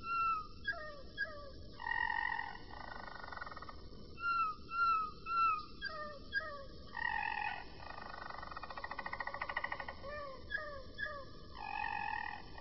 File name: kenari-roller-v 4-omkicau